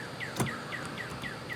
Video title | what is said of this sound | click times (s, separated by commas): 2002-2005 Thunderbird Windshield Wiper Blade Replacement | the new one just pops on | 0.4 s